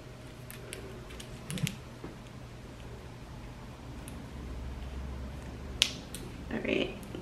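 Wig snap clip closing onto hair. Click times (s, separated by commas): 5.8 s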